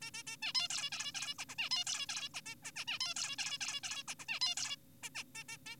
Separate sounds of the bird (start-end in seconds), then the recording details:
0.02-0.11, 0.14-0.23, 0.27-0.37, 0.42-0.53, 0.55-0.68, 0.70-0.90, 0.92-1.12, 1.15-1.35, 1.39-1.45, 1.49-1.55, 1.59-1.69, 1.71-1.85, 1.87-2.06, 2.09-2.29, 2.34-2.41, 2.46-2.55, 2.63-2.71, 2.76-2.85, 2.87-2.99, 3.01-3.14, 3.17-3.36, 3.39-3.59, 3.61-3.81, 3.83-4.03, 4.08-4.15, 4.19-4.25, 4.29-4.39, 4.41-4.55, 4.57-4.76, 5.03-5.09, 5.15-5.23, 5.35-5.44, 5.49-5.57, 5.66-5.76. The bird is an adult. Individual g4p5U